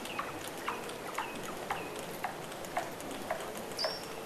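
Weddell seal chirps, short falling notes repeated about twice a second in an even series, ending with a brief higher whistle.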